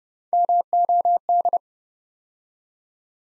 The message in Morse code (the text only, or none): MOD